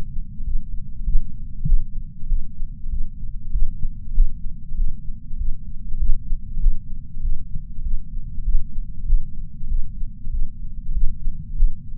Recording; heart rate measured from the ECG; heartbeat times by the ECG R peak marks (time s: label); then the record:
heart sounds by patch sensor on the chest; 97 bpm
0.45 s: heartbeat
1.05 s: heartbeat
1.66 s: heartbeat
2.28 s: heartbeat
2.90 s: heartbeat
3.52 s: heartbeat
4.14 s: heartbeat
4.76 s: heartbeat
5.38 s: heartbeat
5.99 s: heartbeat
6.60 s: heartbeat
7.22 s: heartbeat
7.83 s: heartbeat
8.45 s: heartbeat
9.06 s: heartbeat
9.69 s: heartbeat
10.31 s: heartbeat
10.93 s: heartbeat
11.56 s: heartbeat
From the record:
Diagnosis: coronary artery disease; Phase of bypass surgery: postoperative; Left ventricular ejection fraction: 66.9%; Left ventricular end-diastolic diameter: 46 mm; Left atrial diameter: 35 mm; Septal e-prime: 7.6 cm/s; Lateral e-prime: 10.1 cm/s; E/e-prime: 8.1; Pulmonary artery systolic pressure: 29 mmHg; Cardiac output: 6.1 L/min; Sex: male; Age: 63 years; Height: 180 cm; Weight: 65 kg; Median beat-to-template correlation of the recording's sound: 0.80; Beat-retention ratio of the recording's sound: 1.00